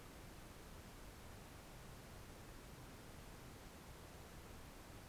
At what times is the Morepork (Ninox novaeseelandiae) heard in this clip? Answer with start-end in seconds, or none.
none